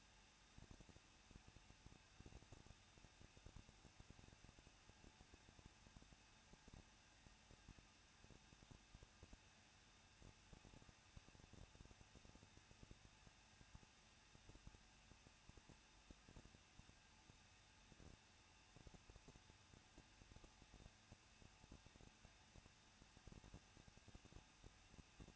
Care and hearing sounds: daily activity, microphone in the room; no activity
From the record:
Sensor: 2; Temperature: 21.0 degrees Celsius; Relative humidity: 37.3%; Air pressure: 1006.4 hPa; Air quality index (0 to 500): 220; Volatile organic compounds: 23 ppm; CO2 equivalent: 2778 ppm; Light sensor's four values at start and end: 2/3/2/2 and 2/3/2/2

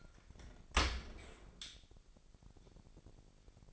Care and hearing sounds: daily activity, microphone in the room; open dishwasher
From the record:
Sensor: 5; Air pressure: 1000.7 hPa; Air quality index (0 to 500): 248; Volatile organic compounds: 35 ppm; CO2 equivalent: 3052 ppm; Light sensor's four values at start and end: 31/71/28/26 and 31/71/28/26

